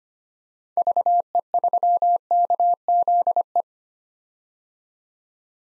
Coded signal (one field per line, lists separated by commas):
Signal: Morse code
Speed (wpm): 25 wpm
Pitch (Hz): 700 Hz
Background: none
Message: VE3KZE